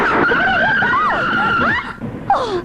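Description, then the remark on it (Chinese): A car that was being driven fast brakes hard, its tires letting out a loud, sustained high-pitched screech with wavering squeals for nearly two seconds, then a brief pause and a shorter final squeal. “你怎么开得这么快啊？”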